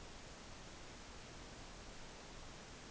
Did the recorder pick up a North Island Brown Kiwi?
no